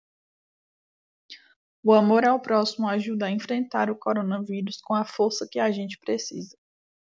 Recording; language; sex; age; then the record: spoken sentence; Brazilian Portuguese; female; 20 to 29 years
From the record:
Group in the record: control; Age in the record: 22 years